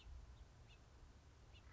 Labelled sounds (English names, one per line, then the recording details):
House Finch
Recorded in Sonoma County, California